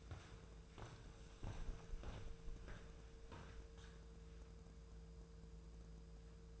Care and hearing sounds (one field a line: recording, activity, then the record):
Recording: daily activity, microphone in the room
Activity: walk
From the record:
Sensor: 2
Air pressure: 1005.3 hPa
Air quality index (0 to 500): 98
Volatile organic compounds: 2 ppm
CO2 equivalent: 1182 ppm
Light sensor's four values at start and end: 8/20/8/8 and 9/20/8/8